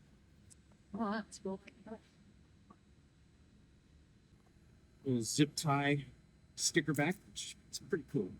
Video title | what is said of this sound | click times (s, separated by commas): installing ric sensors 540p | Should click right in there. | 0.5 s